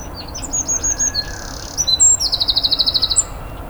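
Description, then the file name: Eurasian wren song: a rapid run of high, thin notes, then a loud trill of evenly repeated pulses lasting about a second, all very high-pitched. "Troglodytes troglodytes"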